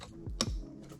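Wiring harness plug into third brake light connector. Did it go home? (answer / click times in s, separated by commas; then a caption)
yes / 0.4 s. A wiring harness plug is pushed into the connector of a new AUXITO LED third brake light on a Ram 1500. After faint handling noises, a sharp, loud snap rings out at 0.4 s as the plug seats in the connector.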